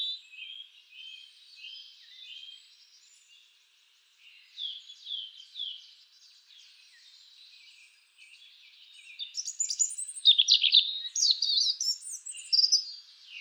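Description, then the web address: European robin delivers soft, wistful high notes at first, then a louder, rapid cascade of shrill, tinkling trills over the last few seconds. "SETE data Erithacus rubecula"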